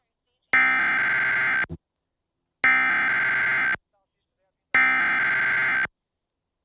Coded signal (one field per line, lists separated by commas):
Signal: Emergency Alert System (SAME) tones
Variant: header bursts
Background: speech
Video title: Massachusetts RMT + Accidental Winter Storm Warning on WWLP-DT2 (12/2/2025) (EAS #212-213)